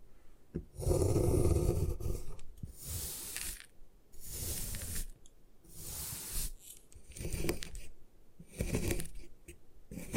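Gym chalk is crushed and ground apart in a series of rough, crunchy bursts. The first and heaviest lasts nearly two seconds with a deep thudding grind, followed by shorter scraping crumbles about every second, separated by brief quiet gaps.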